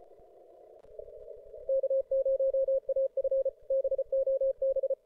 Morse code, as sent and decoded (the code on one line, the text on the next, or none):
-.- ----- .- ..-. / -... --- -...
K0AF BOB